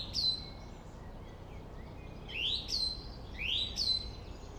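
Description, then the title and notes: Song thrush song: a clear phrase of an upward-swooping whistle capped by a sharp high note, repeated three times, over a continuous low background hum. Singing bird in a Berlin cemetery, Germany, with distant city traffic noise in the background; recorded on a handheld digital recorder. "Friedhof Columbiadamm, Berlin - Song thrush. Song thrush (Singdrossel) singing, distant city. traffic noise"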